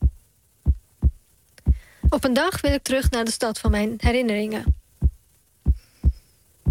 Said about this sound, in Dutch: Dit is de hartslag van …, journalist, schrijver.